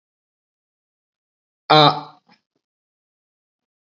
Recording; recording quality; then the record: sustained vowel as in made; excellent, no background noise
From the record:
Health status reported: healthy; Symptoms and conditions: fatigue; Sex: male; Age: 39 years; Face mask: not worn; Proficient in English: yes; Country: India